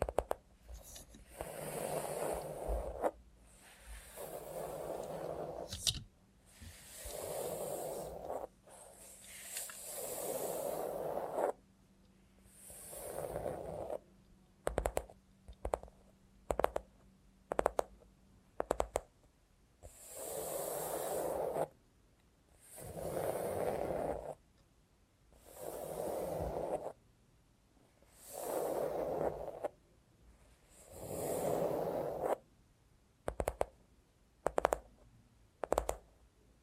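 ASMR with a robot hand: soft, breathy whooshing swells of a second or two repeat every few seconds, separated by near silence. Between about 13 and 19 seconds a run of quick, sharp clicks takes over, and a faint low hum underlies the first half.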